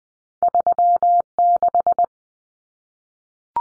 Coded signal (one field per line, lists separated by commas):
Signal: Morse code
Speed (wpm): 20 wpm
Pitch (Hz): 700 Hz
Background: none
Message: 36